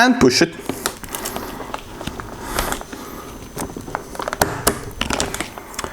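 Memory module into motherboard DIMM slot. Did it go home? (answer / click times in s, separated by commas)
yes / 4.4 s, 4.7 s, 5.0 s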